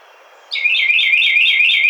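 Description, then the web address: Carolina wren song: an abrupt, loud run of quickly repeated rolling two-part notes, bright and high-pitched, continuing to the end. Recorded 30 April 2009. "Carolina Wren 2009 04 30"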